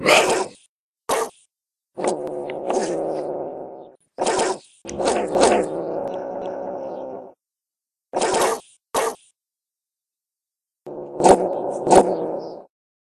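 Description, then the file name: Wildcat yowling in a series of drawn-out harsh moans, broken by short sharp hisses or spits and silent gaps. "Sonido del Gato Montés"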